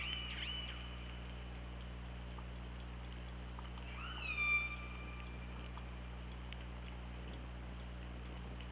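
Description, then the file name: Killer whale calls: a short tonal call near the start, then a stronger upswept, harmonic call that levels off and fades, over steady low hum and water noise. Recorded by hydrophone on 24 August 2017 at 21:22. "Orca Lab"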